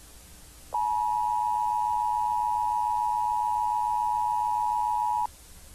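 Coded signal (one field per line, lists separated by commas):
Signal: Emergency Alert System (SAME) tones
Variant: 853 and 960 Hz attention tone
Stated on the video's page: Fictional EAS scenario about aliens; not a real alert.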